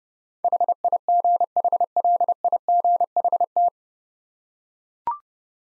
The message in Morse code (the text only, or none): HIGHLIGHT